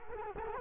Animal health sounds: mosquito wingbeat signal from an infrared sensor; Culex quinquefasciatus

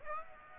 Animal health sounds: mosquito wingbeat signal from an infrared sensor; Aedes aegypti

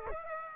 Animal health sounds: mosquito wingbeat signal from an infrared sensor; Aedes aegypti

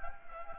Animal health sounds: mosquito wingbeat signal from an infrared sensor; Anopheles gambiae

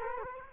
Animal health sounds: mosquito wingbeat signal from an infrared sensor; Culex quinquefasciatus

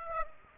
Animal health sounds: mosquito wingbeat signal from an infrared sensor; Aedes aegypti

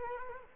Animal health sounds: mosquito wingbeat signal from an infrared sensor; Culex quinquefasciatus

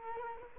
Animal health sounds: mosquito wingbeat signal from an infrared sensor; Culex quinquefasciatus

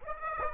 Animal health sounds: mosquito wingbeat signal from an infrared sensor; Aedes aegypti

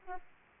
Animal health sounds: mosquito wingbeat signal from an infrared sensor; Aedes aegypti

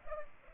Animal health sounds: mosquito wingbeat signal from an infrared sensor; Culex pipiens

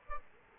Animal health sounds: mosquito wingbeat signal from an infrared sensor; Aedes aegypti

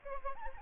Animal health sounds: mosquito wingbeat signal from an infrared sensor; Aedes albopictus

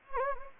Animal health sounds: mosquito wingbeat signal from an infrared sensor; Anopheles gambiae

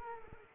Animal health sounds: mosquito wingbeat signal from an infrared sensor; Culex quinquefasciatus

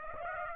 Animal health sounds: mosquito wingbeat signal from an infrared sensor; Aedes aegypti

